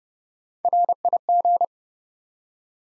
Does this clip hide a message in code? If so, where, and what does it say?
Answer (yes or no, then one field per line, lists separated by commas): yes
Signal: Morse code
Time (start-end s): 0.7-1.6 s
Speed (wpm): 30 wpm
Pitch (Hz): 700 Hz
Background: none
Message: RIG